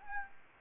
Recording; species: mosquito wingbeat signal from an infrared sensor; Anopheles gambiae